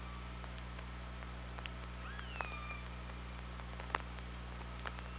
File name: Orca Lab UTLN JASON 20170824 073804 h 5 CR ORCALABDYNI